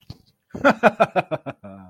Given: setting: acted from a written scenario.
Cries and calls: vocal sound without words; amusement

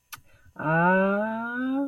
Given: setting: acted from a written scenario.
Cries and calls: vocal sound without words; elation

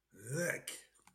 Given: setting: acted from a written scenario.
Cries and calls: vocal sound without words; disgust

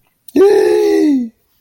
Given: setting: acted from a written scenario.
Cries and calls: vocal sound without words; elation

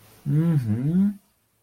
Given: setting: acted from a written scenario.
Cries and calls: vocal sound without words; interest

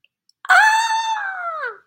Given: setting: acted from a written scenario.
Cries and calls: vocal sound without words; positive surprise

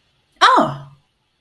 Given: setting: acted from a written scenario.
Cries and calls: vocal sound without words; realization

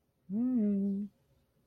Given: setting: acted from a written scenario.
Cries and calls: vocal sound without words; romantic love

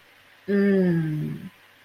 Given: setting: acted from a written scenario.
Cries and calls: vocal sound without words; desire

